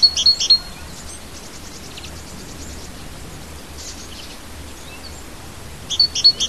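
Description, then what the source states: Bird song: short bursts of high, repeated chirping notes at the start and again at the end, with a steady hiss and a few fainter notes between. Native hedgerow bird, recorded in March.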